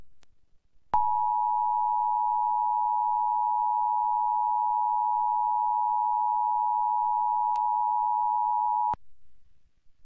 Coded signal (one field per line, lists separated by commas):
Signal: Emergency Alert System (SAME) tones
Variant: 853 and 960 Hz attention tone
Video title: EAS #31 Part 2: Required Monthly Test (Pennsylvania) (KDKA): August 20, 2020 12 45 AM